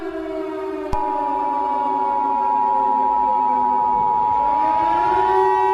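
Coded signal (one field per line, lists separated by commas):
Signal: Emergency Alert System (SAME) tones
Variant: 853 and 960 Hz attention tone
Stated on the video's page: Fictional EAS scenario, not a real alert.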